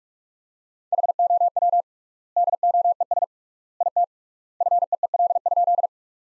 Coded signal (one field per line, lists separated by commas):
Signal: Morse code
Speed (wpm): 42 wpm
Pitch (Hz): 700 Hz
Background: none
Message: HOW DOES IT FEEL?